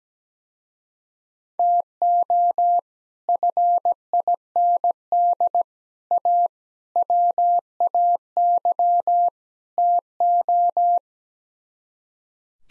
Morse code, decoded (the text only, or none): TO FIND A WAY TO